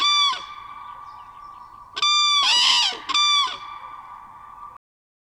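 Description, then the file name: Common crane trumpeting: loud, rich bugling calls over a sustained ringing tone, with a harsher, rougher burst in the middle. Played back. "Trane"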